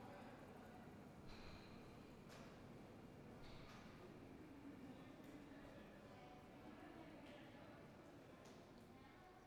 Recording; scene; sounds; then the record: everyday scene through a hearing-aid microphone; reverberant space; background noise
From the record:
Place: railway station hall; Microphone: behind the ear, right, front